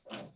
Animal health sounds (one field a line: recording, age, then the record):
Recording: pig call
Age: piglet (1 to 25 days)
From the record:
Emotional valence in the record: negative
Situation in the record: restrain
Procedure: back test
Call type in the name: low-frequency call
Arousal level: medium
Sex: female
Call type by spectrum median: low-frequency call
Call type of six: low-frequency stable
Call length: 0.36 s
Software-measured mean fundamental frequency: 63 Hz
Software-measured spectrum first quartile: 502 Hz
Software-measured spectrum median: 1665 Hz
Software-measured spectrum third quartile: 4393 Hz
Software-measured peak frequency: 570 Hz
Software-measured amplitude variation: 190 dB a second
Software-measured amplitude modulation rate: 15.1 a second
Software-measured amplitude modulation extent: 12.6 dB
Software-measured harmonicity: -0.9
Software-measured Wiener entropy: -2.43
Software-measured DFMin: 796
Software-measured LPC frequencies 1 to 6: 573, 1362, 3024, 4579, 5362, 6970 Hz